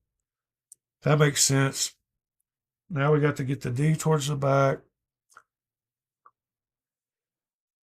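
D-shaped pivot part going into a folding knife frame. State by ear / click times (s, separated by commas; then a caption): seated / 6.3 s. During reassembly of a folding pocket knife, someone talks while the D-shaped pivot part is worked toward the back of its metal hole in the knife frame. After a small tick at 5.4 s, a short sharp click at 6.3 s marks the pivot part snapping into place and seating.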